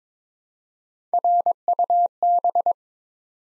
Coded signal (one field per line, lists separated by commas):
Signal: Morse code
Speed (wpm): 22 wpm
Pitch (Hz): 700 Hz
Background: none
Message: RUB